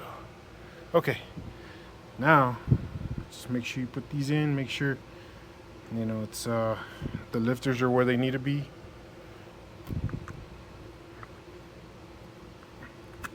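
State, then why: Not seated. A lifter guide tray is being lined up over hydraulic lifters in the engine block of a C10 budget build, with light metal taps. Someone talks through the first nine seconds, then a few faint ticks and taps follow. The tray has not yet been pushed down, and nothing has seated or clicked yet.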